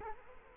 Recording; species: mosquito wingbeat signal from an infrared sensor; Culex quinquefasciatus